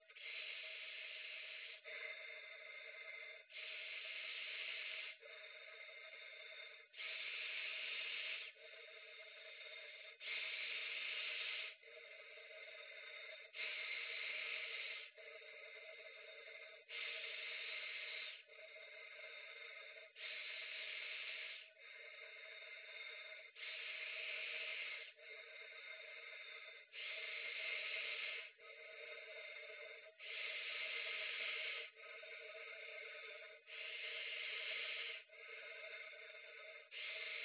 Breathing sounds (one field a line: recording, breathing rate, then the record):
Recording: paced breathing near a phone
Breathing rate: 18 breaths a minute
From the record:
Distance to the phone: 20 cm